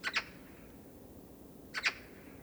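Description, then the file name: Eurasian magpie giving harsh, rasping calls: two quick double notes, one at the start and another near the end, over a faint steady hum. "Pica pica"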